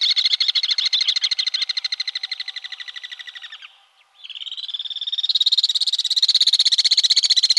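Alpine swift giving a long, rapid, high trill of shrill pulses that fades, pauses briefly, then resumes and swells again.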